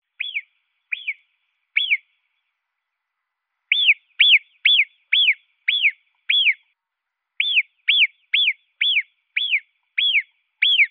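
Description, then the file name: Marmot giving repeated high whistles, each note arched and brief, three slow calls then quicker runs of about two per second separated by short pauses. "Murmeltier"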